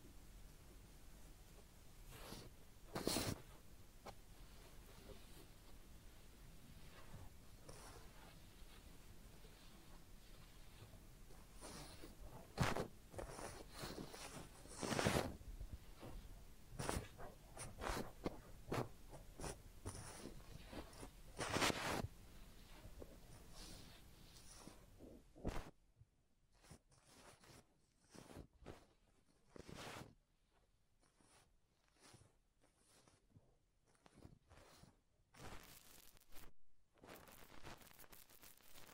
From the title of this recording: Real Head Massage and Ear Cleaning